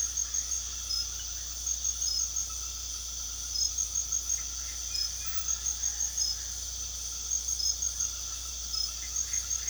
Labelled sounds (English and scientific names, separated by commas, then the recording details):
none
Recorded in pastures near Puerto Asís, Putumayo, Colombia, on 8 March 2025 at 23:30
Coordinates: 0.497, -76.327
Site G072